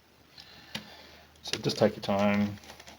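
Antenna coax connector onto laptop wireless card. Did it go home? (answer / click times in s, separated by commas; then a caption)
no / none. A small coaxial antenna lead is being pressed onto a laptop's wireless card, with faint handling ticks and light taps while someone talks. Nothing has seated or clicked yet.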